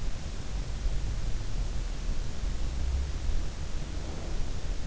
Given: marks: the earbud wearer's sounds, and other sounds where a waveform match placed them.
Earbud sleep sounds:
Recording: sounds in sleep by an in-ear microphone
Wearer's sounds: breath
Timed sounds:
3.51-4.80 s: breath

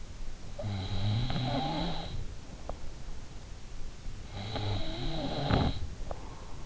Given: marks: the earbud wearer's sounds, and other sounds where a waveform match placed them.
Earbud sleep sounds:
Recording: sounds in sleep by an in-ear microphone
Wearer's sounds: snoring breath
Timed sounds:
0.15-2.78 s: snoring breath
3.98-6.44 s: snoring breath

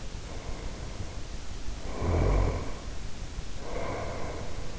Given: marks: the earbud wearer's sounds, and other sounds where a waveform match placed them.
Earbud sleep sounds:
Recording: sounds in sleep by an in-ear microphone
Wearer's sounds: snoring breath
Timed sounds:
1.69-4.64 s: snoring breath

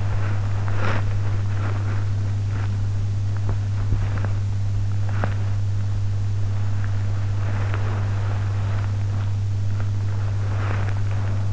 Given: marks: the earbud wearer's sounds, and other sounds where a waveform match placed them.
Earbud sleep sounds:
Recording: sounds in sleep by an in-ear microphone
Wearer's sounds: body movement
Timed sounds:
0.00-4.30 s: body movement
7.38-11.52 s: body movement

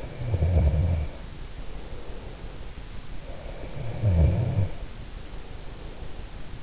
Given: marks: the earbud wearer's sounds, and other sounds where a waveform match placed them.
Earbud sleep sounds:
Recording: sounds in sleep by an in-ear microphone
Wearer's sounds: snoring breath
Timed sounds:
0.00-2.45 s: snoring breath
3.40-6.34 s: snoring breath

